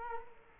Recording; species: mosquito wingbeat signal from an infrared sensor; Culex quinquefasciatus